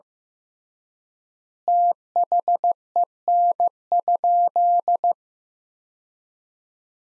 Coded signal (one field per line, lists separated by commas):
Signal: Morse code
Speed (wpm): 15 wpm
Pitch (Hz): 700 Hz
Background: none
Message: THEN?